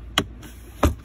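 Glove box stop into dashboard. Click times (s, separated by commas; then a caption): 0.2 s. After the filter is fitted on a Toyota Corolla, the glove box side retainer, or stop, is pushed back into the dashboard and secured with a loud plastic snap at 0.2 s, confirming it has seated. A second, slightly quieter sharp sound follows at 0.8 s over a low steady background.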